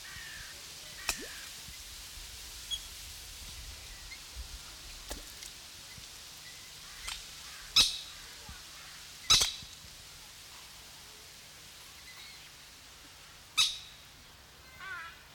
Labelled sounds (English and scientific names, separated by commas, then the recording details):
Common Moorhen (Gallinula chloropus) call
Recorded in captivity
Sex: female
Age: diverse
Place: Zoo Berlin, Berlin, DE
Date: 1993-08-28 11:35
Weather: 12-15°C, heiter
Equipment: Marantz CP 430, Sennheiser MKH 416 T, Kopie Uher Variocord 263
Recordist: Tembrock, Günter